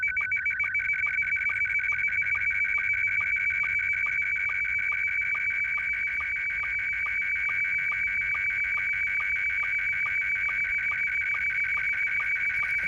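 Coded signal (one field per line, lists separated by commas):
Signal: SSTV (slow-scan television)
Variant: Scottie 1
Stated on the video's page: SSTV decoding test with a Talkpod N58plus PoC radio.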